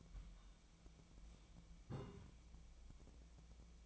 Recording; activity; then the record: daily activity, microphone in the room; take from stove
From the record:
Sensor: 1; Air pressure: 1010.0 hPa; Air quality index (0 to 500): 187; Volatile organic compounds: 17 ppm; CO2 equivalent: 2570 ppm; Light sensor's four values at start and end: 38/97/40/49 and 37/95/40/49